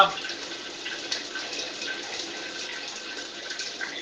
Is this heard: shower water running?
yes